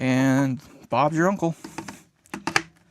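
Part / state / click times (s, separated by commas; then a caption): magnetic panel into amplifier cabinet / seated / 2.6 s. Someone talks, then a removable magnetic panel is pushed into a wooden amplifier cabinet. A few soft knocks and handling sounds lead up to the panel snapping home with a sharp click at 2.6 s, held in place by its magnets.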